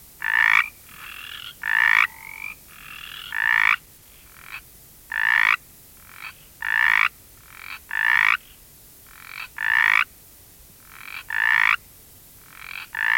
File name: mountain chorus frog